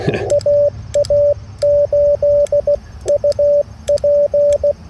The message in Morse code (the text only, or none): AA8UP